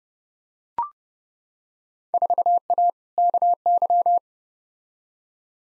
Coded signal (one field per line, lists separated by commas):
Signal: Morse code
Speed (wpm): 32 wpm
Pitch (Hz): 700 Hz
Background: none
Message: 4A KY